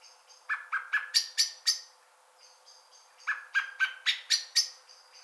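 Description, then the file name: Common blackbird giving two bursts of hard, metallic chink notes, each a rapid run of about six notes, with a short pause and a faint thin whistle between. "Turdus merula"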